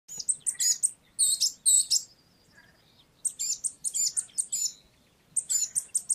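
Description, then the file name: Eurasian blackcap song: several bursts of rapid, high, scratchy warbled notes, separated by pauses. "Sylvia atricapilla"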